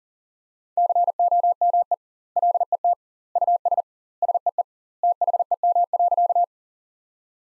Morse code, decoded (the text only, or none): COME LET US SEE THEM.